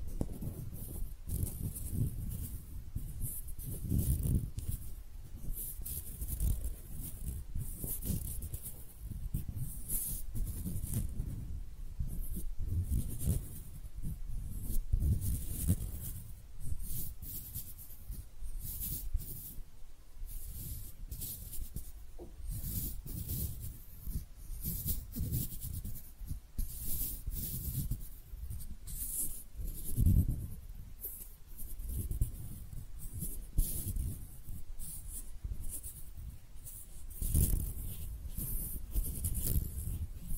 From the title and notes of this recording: ASMR Relaxing Hand Sounds (No Talking).